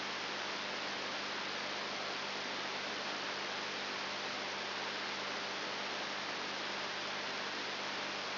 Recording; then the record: brain microelectrode recording played as sound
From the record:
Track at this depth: outside the subthalamic nucleus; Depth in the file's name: 6.7 mm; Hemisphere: left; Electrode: 3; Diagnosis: Parkinson's disease